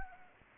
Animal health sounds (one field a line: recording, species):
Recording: mosquito wingbeat signal from an infrared sensor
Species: Anopheles gambiae